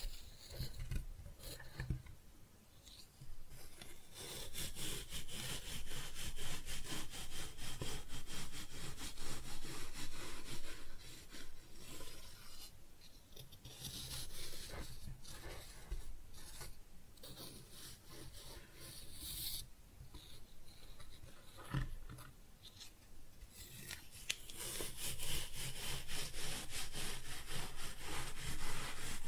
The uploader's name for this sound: Kinetic Sand Cutting and Scooping Sounds